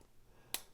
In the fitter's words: that that snaps right in that's nice close tolerance